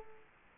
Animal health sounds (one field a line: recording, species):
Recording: mosquito wingbeat signal from an infrared sensor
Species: Culex quinquefasciatus